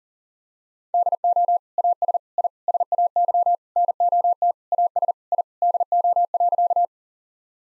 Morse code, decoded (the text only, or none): DO AS I SAY NOT AS I DO.